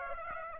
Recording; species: mosquito wingbeat signal from an infrared sensor; Aedes aegypti